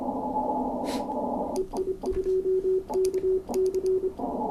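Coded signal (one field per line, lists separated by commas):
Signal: Morse code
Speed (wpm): 26 wpm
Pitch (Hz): 380 Hz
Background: radio noise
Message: EI2KC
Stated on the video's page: 30 m CW DX pile-up, split operation, sent with a home-brew Morse key; the calling stations are very hard to hear.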